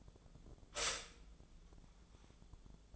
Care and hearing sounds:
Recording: daily activity, microphone in the room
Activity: stop toaster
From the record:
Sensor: 5

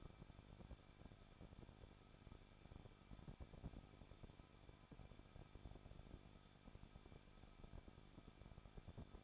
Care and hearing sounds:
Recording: daily activity, microphone in the room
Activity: no activity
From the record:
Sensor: 5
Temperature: 20.9 degrees Celsius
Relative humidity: 38.3%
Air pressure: 1006.4 hPa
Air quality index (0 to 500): 190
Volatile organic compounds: 20 ppm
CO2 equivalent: 2673 ppm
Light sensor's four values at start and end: 2/3/1/1 and 2/3/1/1

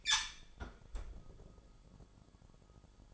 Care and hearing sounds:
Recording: daily activity, microphone in the room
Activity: close fridge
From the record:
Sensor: 5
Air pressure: 1007.9 hPa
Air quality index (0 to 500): 92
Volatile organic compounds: 1 ppm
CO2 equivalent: 726 ppm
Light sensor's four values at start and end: 44/102/43/45 and 44/101/42/44

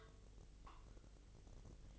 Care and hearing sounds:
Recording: daily activity, microphone in the room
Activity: take from stove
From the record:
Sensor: 4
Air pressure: 1000.3 hPa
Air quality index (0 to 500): 217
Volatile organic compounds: 23 ppm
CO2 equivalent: 2796 ppm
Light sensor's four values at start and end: 9/20/8/8 and 9/20/8/7

